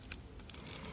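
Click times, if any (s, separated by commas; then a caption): none. A titanium Bluestein watch band's connector is worked into the band slot of an Apple Watch Ultra case, with soft handling scrapes and one brief sharp tick near 0.1 s. Nothing has seated or clicked into place yet.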